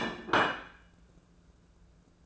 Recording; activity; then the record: daily activity, microphone in the room; place plate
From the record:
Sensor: 2